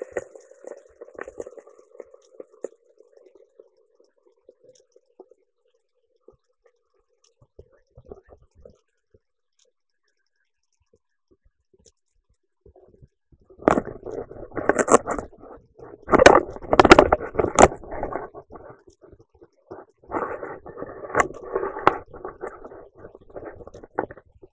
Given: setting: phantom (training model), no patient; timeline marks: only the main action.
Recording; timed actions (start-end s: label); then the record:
laparoscopic instrument, vibration sensor on the handle end
0.00-11.37 s: coagulation
From the record:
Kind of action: gesture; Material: ex-vivo porcine liver